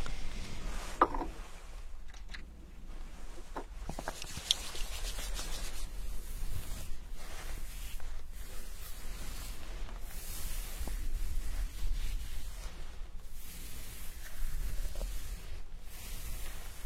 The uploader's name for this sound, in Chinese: 沉浸式洗头体验 & 头皮按摩